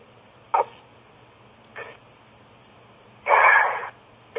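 Over a narrow, tinny phone line, an adult woman makes short voiced bursts followed by brief, abrupt catches separated by quiet pauses, then a longer voiced sound. These sudden involuntary catches of breath are hiccups.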